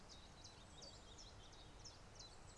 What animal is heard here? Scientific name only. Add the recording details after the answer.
Phylloscopus collybita. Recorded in Germany. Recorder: ecoPi